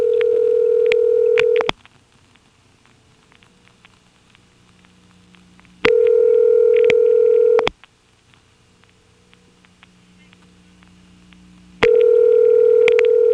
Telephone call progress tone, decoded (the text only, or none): ringback tone